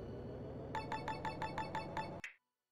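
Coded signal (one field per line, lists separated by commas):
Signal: none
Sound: rhythm game hit sounds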